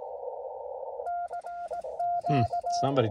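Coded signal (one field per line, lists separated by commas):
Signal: Morse code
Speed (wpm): 18 wpm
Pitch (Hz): 700 Hz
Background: speech, radio noise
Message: N Q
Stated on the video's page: CW on a POTA park activation, sent without a key or paddle because the key was forgotten.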